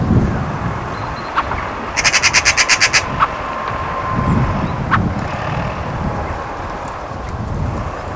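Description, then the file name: Eurasian magpie chattering: a dry, machine-gun rattle of several quick harsh notes early on, with scattered clicks and low rumbling noise throughout. "Pica pica"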